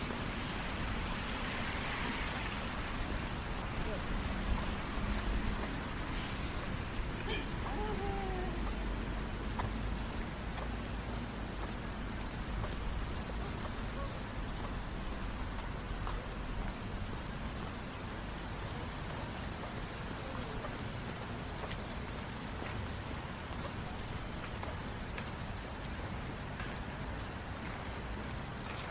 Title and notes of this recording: Going For A Walk Downtown on A Rainy Night. Hear the cars, the murmurs of people and the light rain.